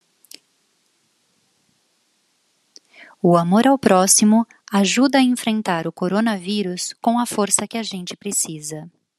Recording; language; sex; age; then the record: spoken sentence; Brazilian Portuguese; female; 40 to 49 years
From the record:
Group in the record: control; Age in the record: 41 years